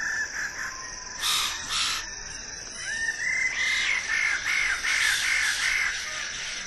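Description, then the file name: Wallace's standardwing with two harsh, rasping bursts followed by a series of nasal, repeated calls, against a steady insect drone. "suara burung bidadari"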